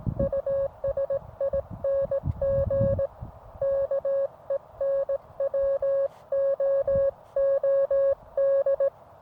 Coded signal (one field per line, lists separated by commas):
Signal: Morse code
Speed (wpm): 18 wpm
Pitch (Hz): 550 Hz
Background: music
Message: USING KENWOOD